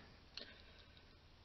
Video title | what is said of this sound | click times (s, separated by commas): Ford Explorer sport trac 01 pt.2 lower ball joint install | I'll set the torque wrench to 80 foot pounds till it clicks and then | 0.4 s